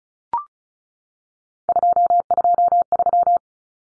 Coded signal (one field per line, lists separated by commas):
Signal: Morse code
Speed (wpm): 34 wpm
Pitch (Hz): 700 Hz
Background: none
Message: 223